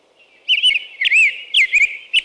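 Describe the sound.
American robin singing a quick run of rich whistled, slurred notes, some rising and falling, over a low steady hum.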